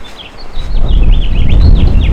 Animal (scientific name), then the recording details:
Haemorhous mexicanus. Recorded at Massapequa on Long Island, New York, on 14 May 2013. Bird F